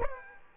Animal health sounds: mosquito wingbeat signal from an infrared sensor; Aedes aegypti

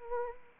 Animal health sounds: mosquito wingbeat signal from an infrared sensor; Anopheles arabiensis

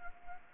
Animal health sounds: mosquito wingbeat signal from an infrared sensor; Anopheles arabiensis

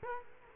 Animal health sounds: mosquito wingbeat signal from an infrared sensor; Culex quinquefasciatus

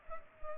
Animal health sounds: mosquito wingbeat signal from an infrared sensor; Culex pipiens

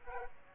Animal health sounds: mosquito wingbeat signal from an infrared sensor; Aedes aegypti

